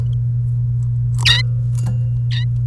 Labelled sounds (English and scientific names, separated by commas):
Domestic Canary (Serinus canaria) song